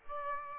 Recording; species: mosquito wingbeat signal from an infrared sensor; Aedes aegypti